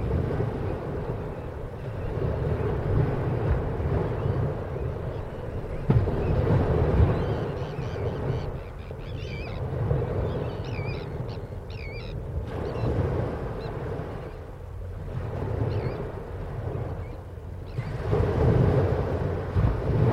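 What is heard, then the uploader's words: Sandwich terns give a few faint, high scratchy calls midway through, over a heavy, steady wash of waves on shingle and gusty wind rumble. Just Sandwich terns calling over the waves falling on the shingle beach.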